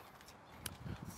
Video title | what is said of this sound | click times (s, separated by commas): 2016 SylvanSport Go • MidStateRV.com | this locks into place | 0.7 s